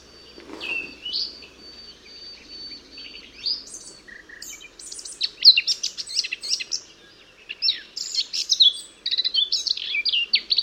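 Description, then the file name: Eurasian blackcap song: an early thin whistle, then dense bursts of high, scratchy and fluting warbled notes that continue to the end. "Sylvia atricapilla"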